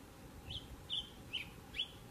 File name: canto do sanhaco de fogo